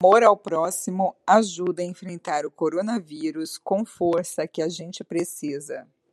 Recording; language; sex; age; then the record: spoken sentence; Brazilian Portuguese; female; 40 to 49 years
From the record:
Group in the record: control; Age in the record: 40 years